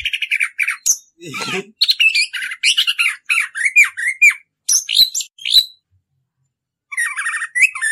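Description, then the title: Orange-headed thrush song: rapid varied phrases of whistles, slurred notes and harsh chatter, mostly high-pitched, broken by short pauses and a longer silence near the end. Song in the extended rolling style called ngerol; master recording used for teaching birds. "suara anis kembang ngerol"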